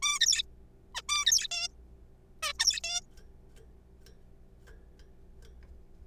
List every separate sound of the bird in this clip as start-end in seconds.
0.02-0.19, 0.21-0.42, 0.95-1.02, 1.09-1.47, 1.51-1.68, 2.43-2.52, 2.60-2.80, 2.84-3.00